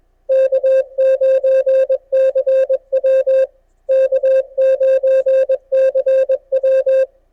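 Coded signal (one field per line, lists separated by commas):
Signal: Morse code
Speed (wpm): 21 wpm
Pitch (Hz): 540 Hz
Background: music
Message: K9CW K9CW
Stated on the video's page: CW small pile-up during the Texas QSO Party contest, with quite good band conditions.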